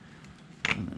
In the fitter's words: get a real positive click out of it